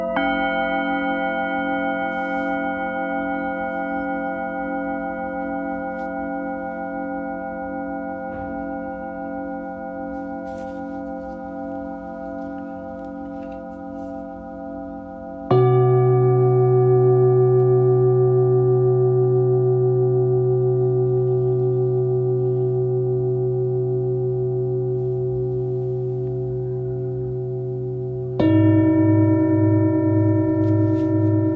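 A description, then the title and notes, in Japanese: Singing bowls ring in long sustained tones, struck anew around 15 and 28 seconds, each strike deeper and louder before slowly fading. メキシコから シンギングボウルのサウンドヒーリング ライブ。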